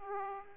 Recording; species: mosquito wingbeat signal from an infrared sensor; Aedes aegypti